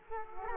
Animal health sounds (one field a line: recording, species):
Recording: mosquito wingbeat signal from an infrared sensor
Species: Culex quinquefasciatus